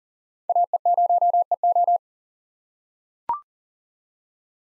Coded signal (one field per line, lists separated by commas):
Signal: Morse code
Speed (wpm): 40 wpm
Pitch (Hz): 700 Hz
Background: none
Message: AE0EO